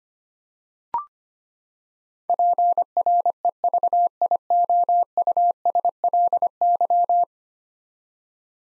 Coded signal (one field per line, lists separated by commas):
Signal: Morse code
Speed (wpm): 25 wpm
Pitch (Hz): 700 Hz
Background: none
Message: PREVIOUSLY